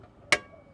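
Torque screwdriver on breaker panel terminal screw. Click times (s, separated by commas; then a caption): 0.3 s. A torque screwdriver set to 45 inch-pounds tightens a terminal screw in an RV breaker panel until its clutch releases with a single sharp, bright click at 0.3 s. The click rises well above the quiet background and fades quickly, and the screw is confirmed good at that setting.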